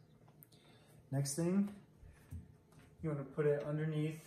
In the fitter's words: you just simply press it into the portafilter till it snaps